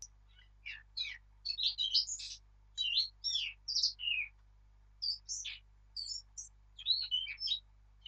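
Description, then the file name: Eurasian blackcap pouring out a lively, chattering warble that mixes scratchy notes with clear whistles and sliding phrases, pausing briefly between bursts. "Sylvia atricapilla"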